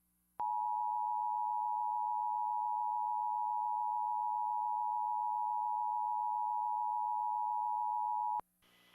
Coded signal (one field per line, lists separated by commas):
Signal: Emergency Alert System (SAME) tones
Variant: 853 and 960 Hz attention tone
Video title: EAS - Severe Thunderstorm Watch issued - 2:27pm 9/10/2016